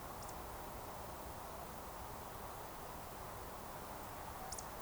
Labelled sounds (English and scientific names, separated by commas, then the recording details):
Eurasian Woodcock (Scolopax rusticola) whistle
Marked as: whistle, whistle
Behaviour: display flight
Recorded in Baden-Württemberg, Germany, on 14 June 2020 at 20:16 UTC
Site 43791, 788 m above sea level